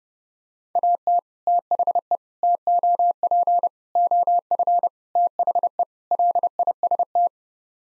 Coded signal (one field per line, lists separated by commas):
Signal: Morse code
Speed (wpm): 32 wpm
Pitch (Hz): 700 Hz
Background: none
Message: AT THE TOP OF THE LIST